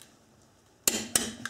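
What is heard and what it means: A 1/2 inch drive click-type torque wrench set to 80 ft-lb is turned on a wheel lug nut after a quiet stretch. A sharp metallic click at 0.9 s marks the wrench reaching its setting, followed by another sharp click near 1.2 s and a softer one near 1.5 s. The lug nut is confirmed torqued to 80 ft-lb.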